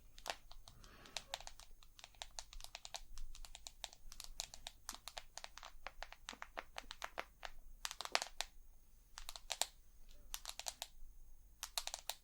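Rapid ASMR tapping: quick, crisp taps with a bright, clicky edge, coming in dense runs throughout the twelve seconds. The pace stays busy and irregular, with brief pauses near four, seven and eleven seconds. Faint rustling fills the gaps beneath the taps.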